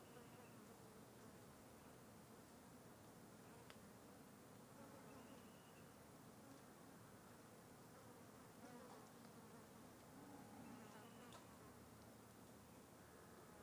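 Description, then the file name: Insects buzzing as a continuous drone, with a few faint brief sounds above it. Insects in a valley near the mountains. "Vale perto da serra periquitos voando insetos"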